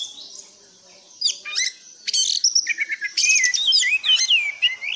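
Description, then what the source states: Thrush song, a rich run of rapid varied phrases with slurred whistles and buzzy chatter building after a quiet start. Masteran (tutor) recording for training cage birds; song in the gacor teler style.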